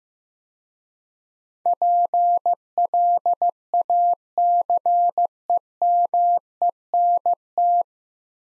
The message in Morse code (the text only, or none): PLACEMENT